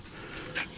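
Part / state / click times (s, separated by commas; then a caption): IPEX antenna cable plug onto the socket on the drone transmitter circuit board / not seated / none. A small IPEX/U.FL coax plug on an antenna cable is gently pushed toward its socket on the Hubsan H501S drone transmitter's controller circuit board while fitting a range extender kit. Only a low, steady hiss is heard, with a brief soft breathy swell around 0.6 s. Nothing has seated or clicked yet.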